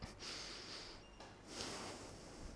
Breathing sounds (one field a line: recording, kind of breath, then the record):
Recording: one breath in and out by a microphone near the nose and mouth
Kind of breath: deep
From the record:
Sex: male